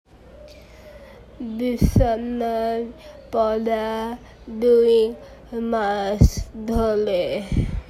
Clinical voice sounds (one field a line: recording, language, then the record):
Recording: elicited speech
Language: Bengali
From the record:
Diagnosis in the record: Broca's or global aphasia after a stroke